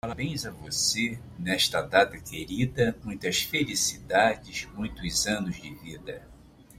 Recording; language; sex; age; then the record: short text; Brazilian Portuguese; male; 70 to 79 years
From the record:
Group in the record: control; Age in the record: 71 years